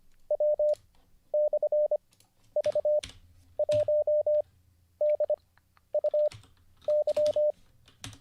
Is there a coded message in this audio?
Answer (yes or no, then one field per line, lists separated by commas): yes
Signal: Morse code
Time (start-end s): 0.3-7.5 s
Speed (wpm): 25 wpm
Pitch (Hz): 600 Hz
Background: none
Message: W/V1DUY